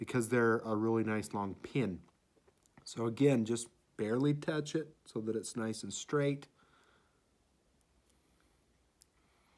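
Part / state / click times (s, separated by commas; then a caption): crimped wire pin into plastic connector housing / not seated / none. Someone talks while handling a crimped female pin on an RC servo extension wire, lining it up for its plastic connector housing. After the talking stops around 6.5 seconds, only a few faint ticks are heard near 7.8, 8.1, 9.0 and 9.6 seconds. Nothing has seated or clicked yet.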